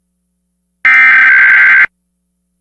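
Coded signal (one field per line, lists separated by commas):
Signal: Emergency Alert System (SAME) tones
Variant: header bursts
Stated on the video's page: Simulated EAS alert made as part of a fictional hurricane landfall coverage scenario.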